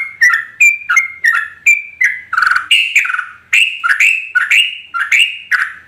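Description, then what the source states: Yellow-vented bulbul song: quick runs of liquid, warbling notes, each phrase sliding up or down, delivered in a fast stream with a brief break near the middle. Tutor recording of a champion bird singing in the rapid-fire 'tembakan' style.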